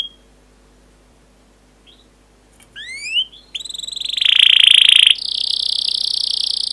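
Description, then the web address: Canary: near silence with a faint note, then rising slurred whistles lead into a loud buzzy rolling trill and a sustained high rattling roll. Long 'pancingan' style canary song. "kenari pancingan panjang. masteran kenari"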